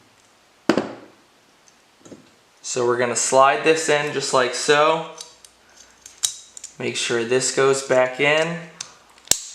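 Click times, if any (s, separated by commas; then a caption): 9.3 s. Someone talks while the reassembled trigger and trigger bar assembly is slid and pushed back into a polymer pistol frame, with a few sharp clicks and taps along the way, loudest near 0.7 s and 6.3 s. At 9.3 s the assembly seats into the frame with a sharp snap.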